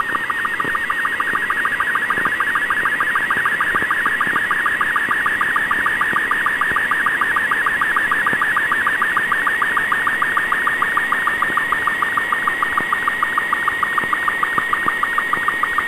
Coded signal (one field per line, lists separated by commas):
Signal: SSTV (slow-scan television)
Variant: Robot 36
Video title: Amaterur Radio Satellite CO-66 (SEED II) 2012-01-18 Radio Signal Recording